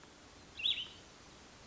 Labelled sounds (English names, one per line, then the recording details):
Cassin's Vireo
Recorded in Sonoma County, California